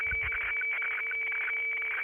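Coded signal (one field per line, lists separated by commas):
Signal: weather fax (radiofax)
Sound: steady high whistle broken by rapid scratchy clicks and warbles, under a low hum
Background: radio static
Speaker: so every every change that you listen is a signal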